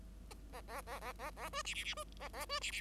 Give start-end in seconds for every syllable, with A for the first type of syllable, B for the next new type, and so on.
0.52-0.61 A, 0.67-0.81 A, 0.86-1.00 A, 1.01-1.13 A, 1.19-1.31 A, 1.36-1.50 A, 1.53-1.62 B, 1.65-1.74 C, 1.75-1.84 C, 1.84-1.94 C, 1.96-2.04 B, 2.19-2.29 A, 2.33-2.46 A, 2.49-2.60 B, 2.61-2.71 C, 2.71-2.81 C